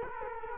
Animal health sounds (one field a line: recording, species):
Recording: mosquito wingbeat signal from an infrared sensor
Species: Culex quinquefasciatus